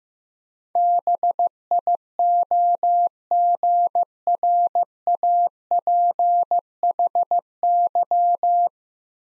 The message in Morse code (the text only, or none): BIOGRAPHY